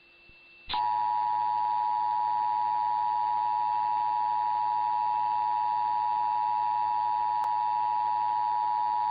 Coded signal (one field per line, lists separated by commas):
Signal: Emergency Alert System (SAME) tones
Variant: 853 and 960 Hz attention tone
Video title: EAS- Required Monthly Test (RMT) on KSL-AM 1160 (10/27/23)